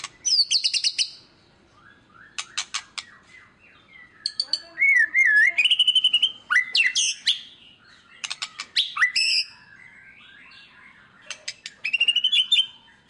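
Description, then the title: White-rumped shama song of high buzzy trills, wavy rising whistles and dry clicking bursts, varied and loud, separated by brief silences. Song used as a lure to make other birds respond; described as a lively, constantly singing bird. "PANCINGAN MURAI BATU GACOR"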